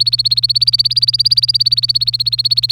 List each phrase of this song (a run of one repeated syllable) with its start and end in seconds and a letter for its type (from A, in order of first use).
0.00-2.72 A